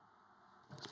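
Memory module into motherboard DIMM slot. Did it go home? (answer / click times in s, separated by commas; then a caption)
no / none. A Vengeance memory module is handled and pressed down toward a motherboard DIMM slot. A quiet steady background gives way near 0.7 s to louder handling noise, with two brief sharp ticks around 0.8 s and 0.9 s. The clip ends before the module goes home; nothing has seated or clicked yet.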